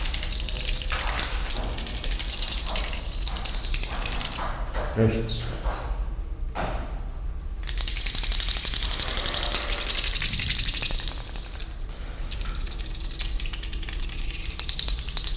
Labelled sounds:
White-crowned Hornbill

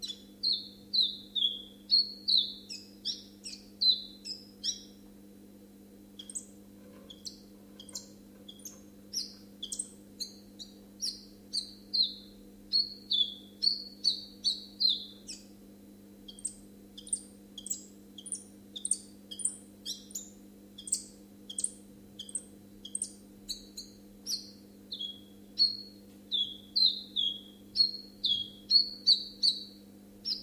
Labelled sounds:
Common Chiffchaff song

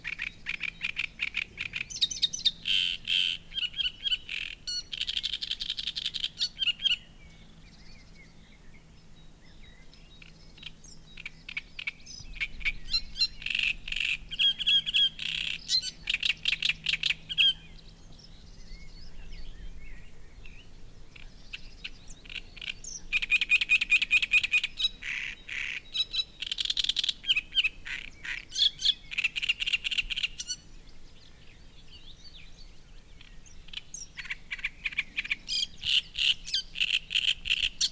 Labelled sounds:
Great Reed Warbler

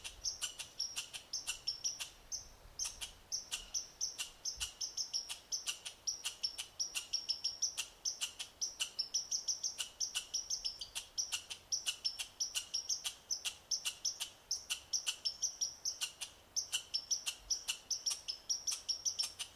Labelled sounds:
Red Squirrel call

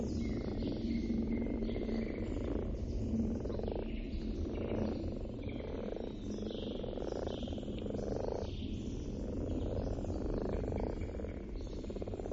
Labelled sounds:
Common Frog call

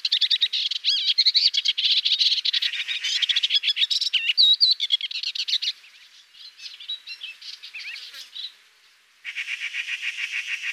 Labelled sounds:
Sykes's Warbler song

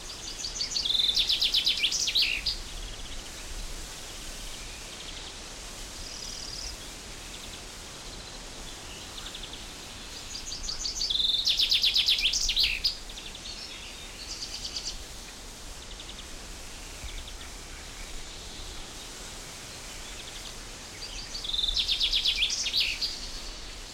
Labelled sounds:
Common Chaffinch

